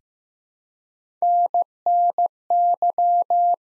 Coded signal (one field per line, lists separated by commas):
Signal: Morse code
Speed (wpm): 15 wpm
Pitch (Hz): 700 Hz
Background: none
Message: NNY